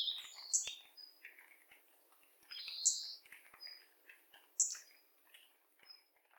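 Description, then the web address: Bird chirping, a few loud sharp high notes with softer twittering and faint high whistles in between. "yacho koe"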